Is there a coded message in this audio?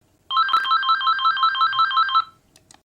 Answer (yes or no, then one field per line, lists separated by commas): no